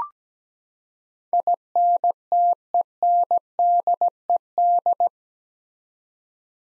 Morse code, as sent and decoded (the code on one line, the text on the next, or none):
.. -. - . -. -.. . -..
INTENDED